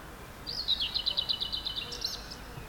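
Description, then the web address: Common whitethroat song, one quick scratchy warbling phrase of rattled notes lasting under two seconds, against faint background noise. "linnut pensaskerttu"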